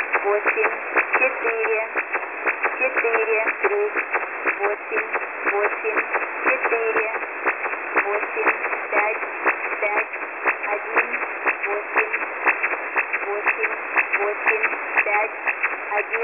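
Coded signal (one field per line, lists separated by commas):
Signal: numbers station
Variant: S06s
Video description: Der ukrainische Agentensender wird von einer Anlage bei Rivne in der ukraine abgestrahlt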